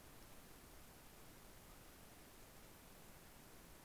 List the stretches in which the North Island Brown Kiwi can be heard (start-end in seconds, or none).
none